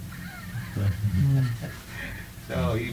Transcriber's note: laughter